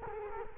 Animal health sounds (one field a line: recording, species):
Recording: mosquito wingbeat signal from an infrared sensor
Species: Culex quinquefasciatus